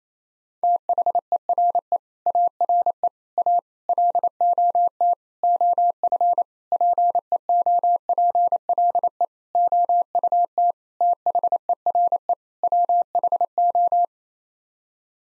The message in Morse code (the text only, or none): THERE ARE A LOT OF PEOPLE OUT THERE WHO